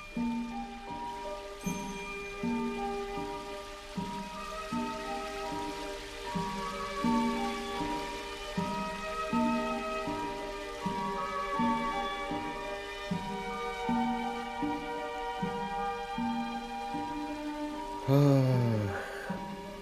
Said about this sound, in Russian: Льет дождь.